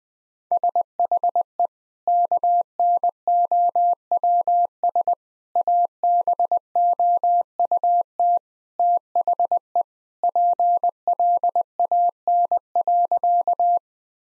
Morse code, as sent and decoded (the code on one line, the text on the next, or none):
... .... . / -.- -. --- .-- ... / .- -... --- ..- - / - .... . / .--. .-.. .- -. .-.-.-
SHE KNOWS ABOUT THE PLAN.